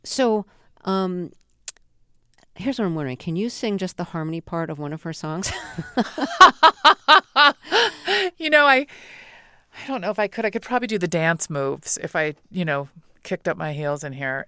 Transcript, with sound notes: So here's what I'm wondering: Can you sing just the harmony part of one of her songs?
(LAUGHTER)
You know, I don't know if I could. I could probably do the dance moves if I, you know, kicked up my heels in here.